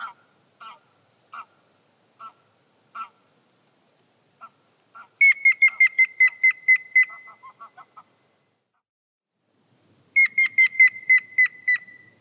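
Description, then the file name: Grey-headed woodpecker calling in two bursts of rapid, evenly spaced whistled notes, slightly descending. Before and between the bursts come shorter, lower chipping notes. "Jelmer Poelstra - Sedoj dyatel Picus canus"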